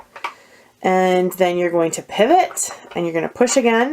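The plastic hinged lid of a stamp ink pad case is pressed at the end marked with three dots until it pops open. Two short pops are heard at about 0.2 and 0.3 s as the lid releases. Someone then talks for the rest of the clip.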